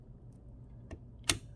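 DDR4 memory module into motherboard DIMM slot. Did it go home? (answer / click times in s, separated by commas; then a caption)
yes / 1.3 s. The front end of a 32GB Corsair Vengeance RGB PRO DDR4 memory stick is pushed down into a motherboard DIMM slot. A faint tick sounds at 0.9 s, then its plastic retention clip snaps closed with a sharp, bright click at 1.3 s. The module is seated.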